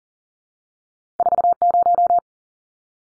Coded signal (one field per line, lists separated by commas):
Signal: Morse code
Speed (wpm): 40 wpm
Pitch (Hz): 700 Hz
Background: none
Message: 40